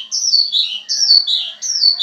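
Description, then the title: Javan bush lark singing three similar high whistled phrases, each one slurring downward, with brief gaps between them. "Suara Burung Branjangan"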